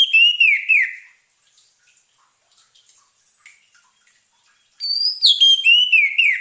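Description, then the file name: Orange-headed thrush song: two rich whistled phrases of quick slurred notes, separated by nearly four seconds of faint hiss. Played as a lure sound to keep a bird from getting stressed. "suara pancingan burung anis merah agar tidak stress"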